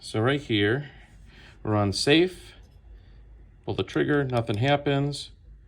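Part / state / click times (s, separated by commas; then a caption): safety selector in rifle lower receiver detent / not seated / none. Someone talks while handling a Manticore Arms Maverick ambidextrous safety selector set to safe in an AR-15 lower receiver, and the trigger is pulled with nothing happening. The selector has not yet been rotated to semi, so nothing has seated or clicked into its detent yet.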